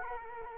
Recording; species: mosquito wingbeat signal from an infrared sensor; Culex quinquefasciatus